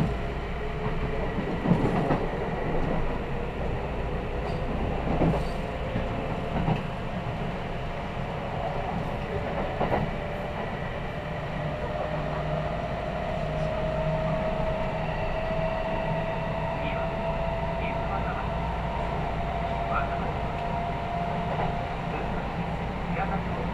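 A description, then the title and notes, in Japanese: Inside an express train running along the line, a steady low rumble fills the cabin while a motor whine holds a mid-pitched tone that slowly rises. Sharp clicks and knocks from the wheels over the rails come every few seconds in the first half. 近鉄急行 四日市→伊勢若松。モーター音や加速の違いが歴然としています。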